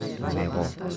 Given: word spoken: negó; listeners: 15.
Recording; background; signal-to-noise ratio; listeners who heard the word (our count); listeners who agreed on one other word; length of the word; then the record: one Spanish word in noise, from a listening test; eight-talker babble; 0.8 dB; 3 of 15; 7 of 15; 0.57 s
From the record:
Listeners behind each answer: 7, 3, 2, 1, 1, 1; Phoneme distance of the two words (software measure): 10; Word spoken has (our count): 2 syllables, 4 phonemes, stress on syllable 2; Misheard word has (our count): 2 syllables, 4 phonemes, stress on syllable 2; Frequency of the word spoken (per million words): 31.78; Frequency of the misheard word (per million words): 0.24